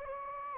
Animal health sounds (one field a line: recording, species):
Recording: mosquito wingbeat signal from an infrared sensor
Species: Anopheles gambiae